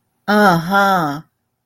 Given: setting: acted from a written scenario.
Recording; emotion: vocal sound without words; desire